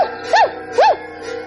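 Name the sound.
dog barking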